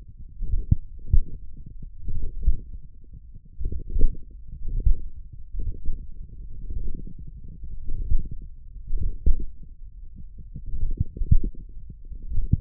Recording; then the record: forearm muscle sounds (acoustic myography)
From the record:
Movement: hand closing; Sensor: system 1, eight BSWA MPA416 microphones around the upper forearm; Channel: 6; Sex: male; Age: 42 years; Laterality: right